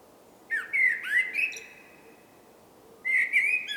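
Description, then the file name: Common blackbird song: a loud, mellow, flute-like warbled phrase, a pause, then a second phrase beginning, with faint background hiss. "Turdus merula"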